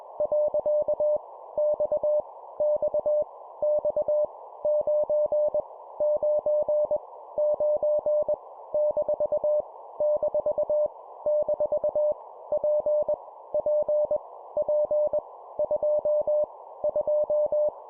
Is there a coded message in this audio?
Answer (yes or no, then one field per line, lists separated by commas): yes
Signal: Morse code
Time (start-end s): 0.2-17.7 s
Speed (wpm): 21 wpm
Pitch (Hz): 600 Hz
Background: none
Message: . X X X 9 9 9 - - - P P P 2 2